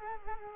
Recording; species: mosquito wingbeat signal from an infrared sensor; Culex quinquefasciatus